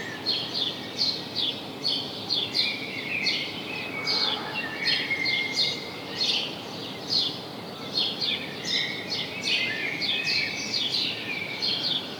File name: Passer domesticus